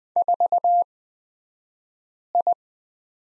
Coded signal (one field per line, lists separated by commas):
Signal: Morse code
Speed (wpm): 20 wpm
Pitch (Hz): 700 Hz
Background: none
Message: 4I